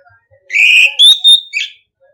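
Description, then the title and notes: Orange-headed thrush song: one loud phrase of about a second, a rich note rising into clear, bright whistles that end in a short flourish. Masteran (training) song in the ngeplong style. "ANIS KEMBANG NGEPLONG. Masteran Anis Kembang"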